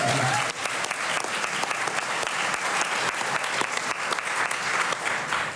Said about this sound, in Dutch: nog één keer applaus. Nog even.